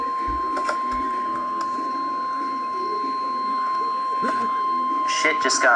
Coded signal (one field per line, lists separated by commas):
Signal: Emergency Alert System (SAME) tones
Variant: 1050 Hz attention tone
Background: speech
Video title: Severe Thunderstorm Warning EAS #48